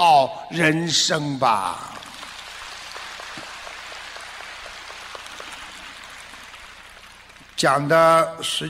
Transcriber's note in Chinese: 掌声